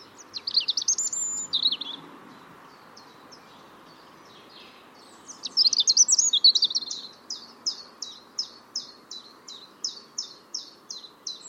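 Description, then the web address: European robin singing two short, high, warbling phrases separated by a pause, followed by a run of sharp, evenly repeated ticking notes about two per second. "Deverinetal 2025 File origin Bird Only Er Ru"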